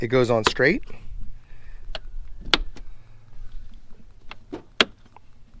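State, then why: Seated. Someone talks as the metal spring clips on the air box lid of a Lexus LX470 SUV's engine air filter housing are pulled up one after another in a crisscross pattern, after the new air filter has been seated, to make the lid go on straight. Two loud, sharp snaps are heard at 2.5 s and 4.8 s, with fainter taps in between. The clips latch shut and the air box lid is seated.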